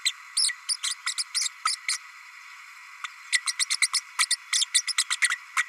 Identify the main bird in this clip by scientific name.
Forpus passerinus